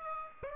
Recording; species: mosquito wingbeat signal from an infrared sensor; Aedes aegypti